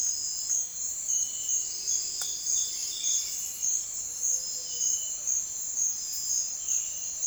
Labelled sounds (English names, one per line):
none